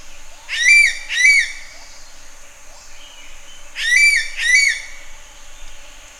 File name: suara burung ekek layongan atau cissa chinensis